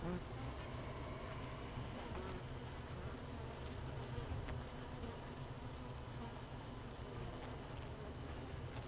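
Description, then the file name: Honey bee hive drone, constant low buzzing with occasional faint taps. Hive 1 recorded without a queen, 31 May 2018, 15:30. "Hive 1 31 05 2018 NO Queen Bee H 1 audio 15 30 00"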